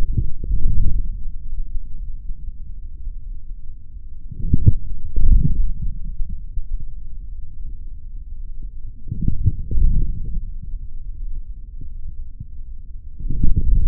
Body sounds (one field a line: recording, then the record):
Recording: forearm muscle sounds (acoustic myography)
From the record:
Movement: forearm pronation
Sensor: system 3, bracelet of six PUI Audio POM-2738L microphones around the upper forearm, with dedicated amplification and filtering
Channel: 5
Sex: male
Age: 26 years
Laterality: right